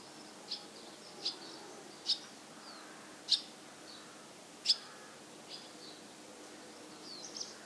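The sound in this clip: Bird calls: short, sharp, high chirps about once a second against a steady background hiss, with a few fainter twitters near the end.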